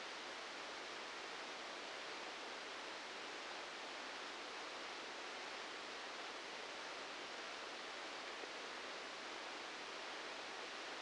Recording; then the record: brain microelectrode recording played as sound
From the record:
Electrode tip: outside the subthalamic nucleus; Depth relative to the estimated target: -4 mm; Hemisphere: left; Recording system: NeuroSet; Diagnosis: Parkinson's disease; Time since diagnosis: 19 years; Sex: female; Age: 69 years